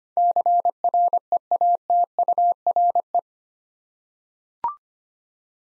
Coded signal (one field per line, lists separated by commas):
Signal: Morse code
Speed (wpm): 25 wpm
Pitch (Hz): 700 Hz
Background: none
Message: CREATURE